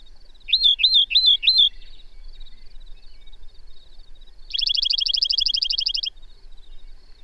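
Bird song: four slurred chirping notes followed after a pause by a rapid, even, buzzy trill lasting about a second and a half, with faint background twitters.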